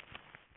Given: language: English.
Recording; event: throat vibration sensor signal played as sound; swallow